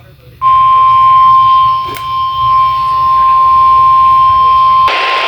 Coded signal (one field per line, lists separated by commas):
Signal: Emergency Alert System (SAME) tones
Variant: 1050 Hz attention tone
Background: speech